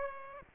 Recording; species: mosquito wingbeat signal from an infrared sensor; Aedes aegypti